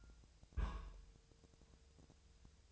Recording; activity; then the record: daily activity, microphone in the room; place on stove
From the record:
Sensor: 2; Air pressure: 999.1 hPa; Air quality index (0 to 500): 197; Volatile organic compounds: 28 ppm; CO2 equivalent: 2912 ppm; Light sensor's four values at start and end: 6/15/6/6 and 6/15/6/6